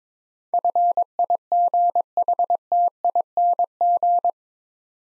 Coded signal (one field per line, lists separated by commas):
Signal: Morse code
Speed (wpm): 23 wpm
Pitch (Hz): 700 Hz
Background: none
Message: FIGHTING